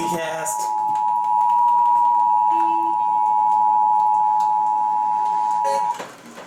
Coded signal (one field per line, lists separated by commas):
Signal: Emergency Alert System (SAME) tones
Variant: 853 and 960 Hz attention tone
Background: speech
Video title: VISIBLE FRUSTRATION... EAS Alerts from 2/17/22 (EAS 7376-7391)